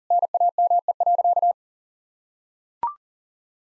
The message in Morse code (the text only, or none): NAME.